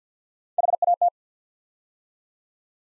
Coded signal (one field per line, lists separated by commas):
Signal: Morse code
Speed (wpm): 49 wpm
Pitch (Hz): 700 Hz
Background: none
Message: HAT